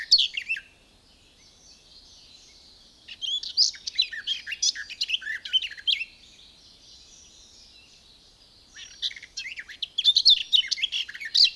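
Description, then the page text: Garden warbler song in three bursts of rapid, bubbling warbling, the first brief and the others a few seconds long, separated by quiet pauses of two to three seconds. "Звуки птиц - Садовая славка"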